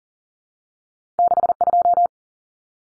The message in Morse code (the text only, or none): 62